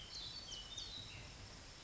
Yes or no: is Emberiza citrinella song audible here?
no